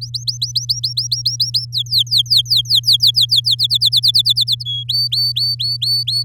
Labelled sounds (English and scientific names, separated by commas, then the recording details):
Domestic Canary (Serinus canaria) song
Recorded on 8 May 2018 at 10:38
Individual llb16